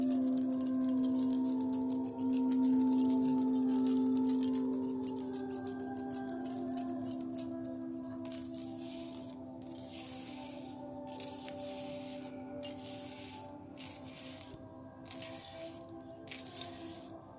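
Tibetan singing bowls hum in long, steady low tones that ring throughout, layered with a few higher sustained pitches. Bright metallic jingling, like a bracelet or chimes, glitters on top in dense bursts, thinning into separate shimmering clusters during the second half.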